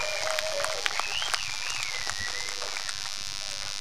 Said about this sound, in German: Wir danken dem Tim Feger und dem Carsten Schmidt. Freundlicher Applaus!